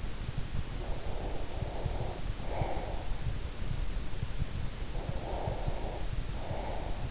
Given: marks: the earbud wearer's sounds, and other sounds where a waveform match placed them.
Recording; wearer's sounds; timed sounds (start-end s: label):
sounds in sleep by an in-ear microphone; breath
0.81-3.18 s: breath
4.83-7.11 s: breath